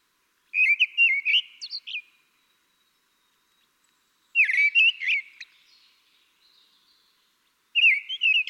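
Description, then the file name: Common blackbird song: three short warbled phrases, the last cut off, each a rich fluty motif with high squeaky notes, separated by pauses in a quiet setting. "Turdus merula"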